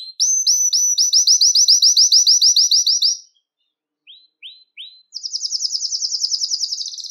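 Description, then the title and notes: Belgian canary song: a rapid trill of repeated notes, a short silence, three rising notes, then a quicker, higher trill. "Canario Belga, nyonyastudio"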